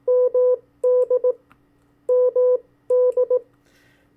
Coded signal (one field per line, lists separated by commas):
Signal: Morse code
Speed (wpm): 18 wpm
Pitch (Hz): 500 Hz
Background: none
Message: MD MD